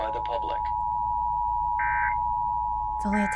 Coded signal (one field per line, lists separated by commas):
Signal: Emergency Alert System (SAME) tones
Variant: 853 and 960 Hz attention tone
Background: speech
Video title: Behind the scenes at Q101 of the National Emergency Alert System